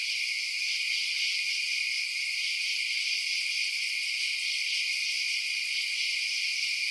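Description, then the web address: Continuous insect chorus of high, rapidly pulsing trills layered into an even shimmering hum. Night-time insect ambience. "Blast Wave Night Insects ambience-night-insects"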